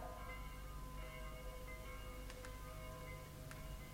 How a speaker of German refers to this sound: Heut läuten die Glocken auch für mich.